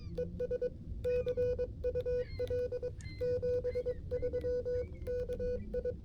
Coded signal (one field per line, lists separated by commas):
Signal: Morse code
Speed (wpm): 22 wpm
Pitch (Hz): 490 Hz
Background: music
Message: ES CUL 73 KI